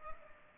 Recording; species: mosquito wingbeat signal from an infrared sensor; Culex pipiens